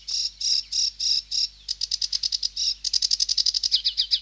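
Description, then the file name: Sedge warbler song: several drawn-out harsh buzzes followed by accelerating ticking notes and a run of quick downslurred chips. "Sedge Warbler (Acrocephalus schoenobaenus)"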